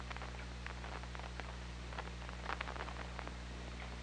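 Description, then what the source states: Killer whale clicking, a busy crackle of sharp pulses with faint tonal bits, over an unbroken low hum. OrcaLab hydrophone, 24 August 2017, 21:24:32.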